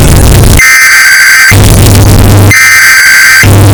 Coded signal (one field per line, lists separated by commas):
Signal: Emergency Alert System (SAME) tones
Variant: header bursts